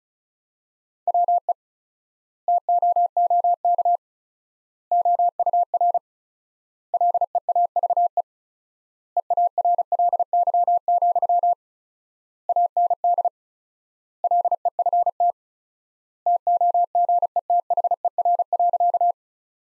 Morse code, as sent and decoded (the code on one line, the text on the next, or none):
.-- . / - --- --- -.- / --- ..- .-. / .-.. . .- ...- . / . .- .-. .-.. -.-- --..-- / .- -. -.. / .-.. . ..-. - / - --- --. . - .... . .-. .-.-.-
WE TOOK OUR LEAVE EARLY, AND LEFT TOGETHER.